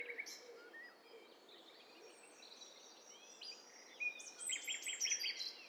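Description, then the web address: Several birds singing at once, a mix of high, thin whistled phrases, short chirps and a rapid trill near the end, over a steady background hiss. Overlapping mix of several birds, from a stereo bird cocktail party test set. "Hi Fi STEREO BIRD COCKTAIL PARTY Challenge SBCP TESTSET HDBird Cocktail Party"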